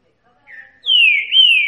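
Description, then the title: Green-winged saltator song fragment: a soft low whistle, then a strong, clear whistled note that falls and briefly rises again. Trinca-ferro baiano singing in the Bahian catingueiro song style. "Canto De Trinca Ferro. TRINCA=FERRO BAIANO CANTO CATINGUEIRO"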